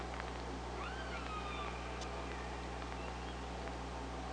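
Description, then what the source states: Killer whale calls, thin tonal sweeps that rise and bend across a second or so, over steady underwater hiss, low hum and scattered clicks. OrcaLab hydrophone, underwater, 24 August 2017, 05:21.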